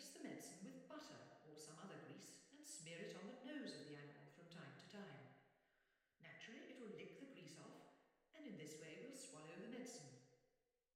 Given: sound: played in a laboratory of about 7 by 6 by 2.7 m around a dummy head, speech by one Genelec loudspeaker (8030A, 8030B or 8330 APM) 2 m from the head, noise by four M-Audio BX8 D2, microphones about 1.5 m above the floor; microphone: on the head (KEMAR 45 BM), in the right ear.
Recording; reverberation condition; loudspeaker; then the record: female speech in English; high; in front (0 degrees)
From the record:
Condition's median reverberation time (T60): about 1300 ms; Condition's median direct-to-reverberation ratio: about -4.0 dB